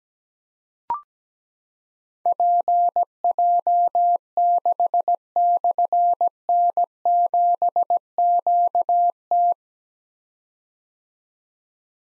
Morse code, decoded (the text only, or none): PJ6/N7QT